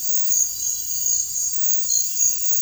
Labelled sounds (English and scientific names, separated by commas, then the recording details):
none
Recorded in dense forest near Puerto Asís, Putumayo, Colombia, on 20 February 2024 at 05:30
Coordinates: 0.484, -76.317
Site G6464